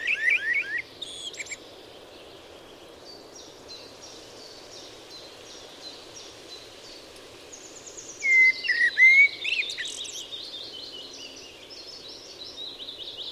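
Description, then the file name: Eurasian blackbird: a brief fluted warble at the start, a quiet stretch, then a loud mellow phrase running into a long trail of high squeaky twitters. "Turdus merula"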